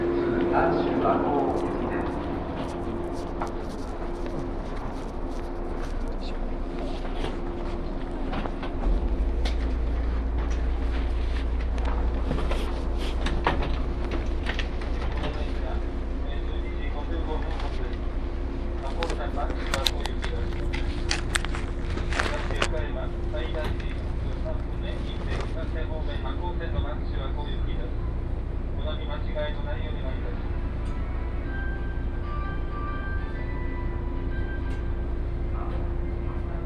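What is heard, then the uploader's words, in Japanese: A ride aboard an Akō Line train from Okayama toward Saidaiji. A steady low rumble and a constant hum run throughout, deepening slightly around nine seconds, with frequent clicks and clatters of the train over the tracks. Scattered voices and brief beeps come and go. 耳で楽しむ鉄道旅 赤穂線 岡山→西大寺。岡山からは赤穂線に乗車して西大寺に向かいます。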